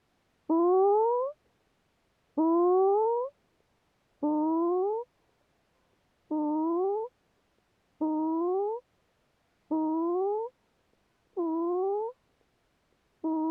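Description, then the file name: Common diving petrel calls: rich, rising mewing notes nearly a second long, repeated about every two seconds in a steady series, with quiet background. Kerguelen. "Philippe Lambret - P trel plongeur commun"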